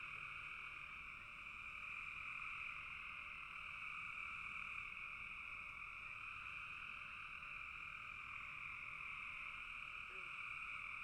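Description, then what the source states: Massed frogs produce an unbroken hum in two bands, steady for the whole stretch, with a faint lower note near the end. Several frogs calling in a bog.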